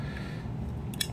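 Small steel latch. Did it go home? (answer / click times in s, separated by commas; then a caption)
yes / 0.9 s, 1.0 s. While the magazine release of a 1911 pistol is pushed up lightly, its set screw is turned clockwise in the steel frame until it locks in place. Two sharp clicks are heard at 0.9 s and 1.0 s as the set screw seats in its recess, locking the magazine release in.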